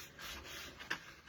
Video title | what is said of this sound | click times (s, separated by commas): Live Video on August 20, 2022 | And it all clicks into place. Is that not cool or what? | 0.9 s